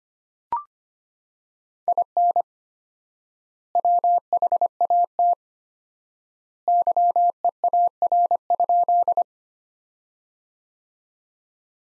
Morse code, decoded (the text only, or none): IN WHAT YEAR?